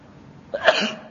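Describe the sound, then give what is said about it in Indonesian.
A single sneeze bursts out abruptly after a quiet stretch during an Islamic religious lecture, a sharp breathy blast that tails off in about half a second, with no talking around it. “Alhamdulillah. Yahdikumullah wa yuslih balakum.”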